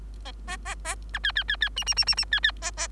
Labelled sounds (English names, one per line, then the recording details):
Bengalese Finch song
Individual Bird3